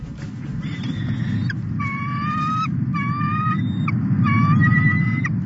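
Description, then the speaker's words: Bald eagle calling: thin, piping whistled notes delivered in four short bursts, each a level or slightly rising series, over a steady low rumble. A pair of bald eagles at their nest above Big Bear Lake in the San Bernardino Mountains, in fragile habitat. "That's the sound of a pair of majestic bald eagles named Jackie and Shadow, who've become internet sensations."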